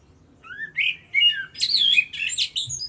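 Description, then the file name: Common blackbird song: rich warbling whistles rising and falling, then thin high squeaky flourishes in a single phrase. "Turdus merula"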